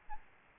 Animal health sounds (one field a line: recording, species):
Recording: mosquito wingbeat signal from an infrared sensor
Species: Aedes albopictus